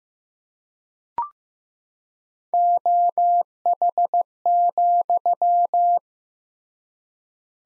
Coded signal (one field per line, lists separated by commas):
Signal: Morse code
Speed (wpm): 15 wpm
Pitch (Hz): 700 Hz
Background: none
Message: OH,